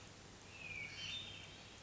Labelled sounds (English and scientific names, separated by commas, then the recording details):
Hermit Thrush (Catharus guttatus)
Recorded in Sonoma County, California